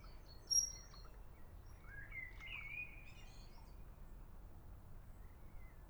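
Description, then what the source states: Eurasian otter making a single rising whistle that levels into a short drawn-out note, with brief high chirps before it and constant background hiss. European otter giving whistle calls while swimming.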